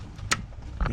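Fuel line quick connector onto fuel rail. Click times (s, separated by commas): 0.3 s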